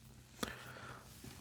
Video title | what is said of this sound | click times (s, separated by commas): Building the Casadio Mog 6×6: Axles – Project 4 Build-Along (Ep. 2) | Now, this just pops right in. At least it did on the last one. Yep. | 0.4 s